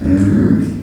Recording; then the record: squeal of a Yucatan mini pig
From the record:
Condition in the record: after surgery on the right vocal fold (resection and tissue-engineered implant); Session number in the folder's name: 7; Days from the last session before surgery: 47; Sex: female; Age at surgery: 19 weeks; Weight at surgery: 25 kg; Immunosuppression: prednisolone